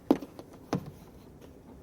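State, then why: Not seated. Someone handles the second, other-side car seat ISOFIX connector at the vehicle anchor, pushing it firmly in after it was shown not to be properly engaged. Short sharp handling knocks are heard at about 0.1 s, 0.4 s and 0.7 s. Nothing has seated or clicked yet.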